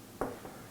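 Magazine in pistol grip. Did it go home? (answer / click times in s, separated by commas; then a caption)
released / 0.2 s. A magazine is released from the grip of a Savage Model 1907 pocket pistol, with a single sharp hit at 0.2 s. A quieter, softer knock follows near 0.45 s, and the magazine comes free.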